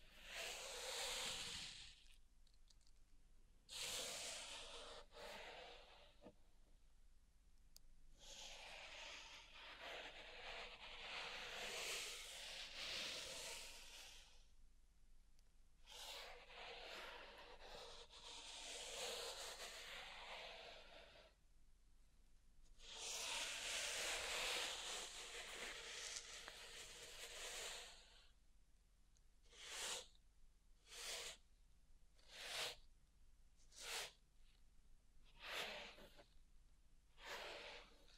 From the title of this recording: Pink Salt Zen Garden Triggers